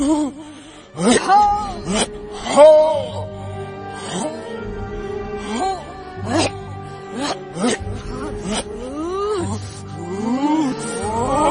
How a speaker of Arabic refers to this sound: عارفين صوت الانين، صوت حد بيئن بيتالم.